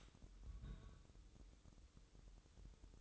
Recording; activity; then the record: daily activity, microphone in the room; place on stove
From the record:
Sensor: 3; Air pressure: 988.3 hPa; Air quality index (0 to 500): 191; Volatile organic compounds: 267 ppm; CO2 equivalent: 4403 ppm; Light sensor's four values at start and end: 24/75/32/27 and 24/75/32/27